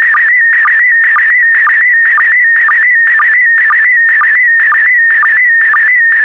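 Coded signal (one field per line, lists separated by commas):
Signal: SSTV (slow-scan television)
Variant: PD120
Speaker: Five, four, three, two, one. Transmission complete. You can now check your decoded image against the picture that is shown on the video.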